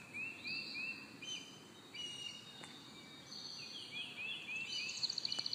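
Bird calling with short rising whistles and thin high notes, ending with a quick run of clipped notes, over a background of outdoor noise.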